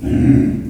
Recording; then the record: squeal of a Yucatan mini pig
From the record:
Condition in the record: after surgery on the right vocal fold (resection and tissue-engineered implant); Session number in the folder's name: 1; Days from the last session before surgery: 13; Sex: female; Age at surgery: 19 weeks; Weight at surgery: 25 kg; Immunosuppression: prednisolone